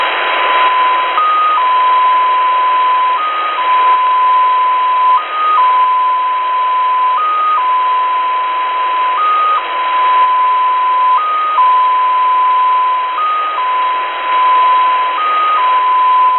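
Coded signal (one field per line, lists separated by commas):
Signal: numbers station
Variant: XPA2 polytone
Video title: Russian XPA2 polytone number station at 17462 kHz (short message(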